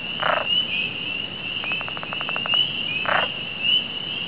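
Pickerel frog calling, a quick series of about ten dry pulses in an one-second snore, between short croaking notes, with a continuous shrill trilling chorus behind.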